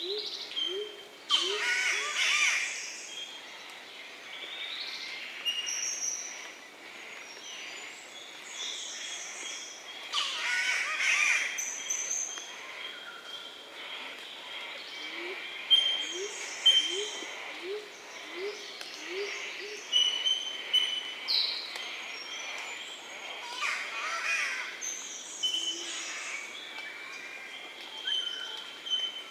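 A Daintree Rainforest dawn of many overlapping birds: bright chirps, whistles and trills fill the whole stretch, with louder bursts near 2, 11, 16 and 26 seconds. A low, rapid run of repeated notes recurs near the start and again around 15–20 seconds, and no part falls quiet.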